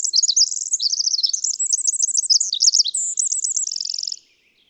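Bird song: rapid high twittering phrases with quick warbled notes and a buzzy trill near the end, then the singer falls silent.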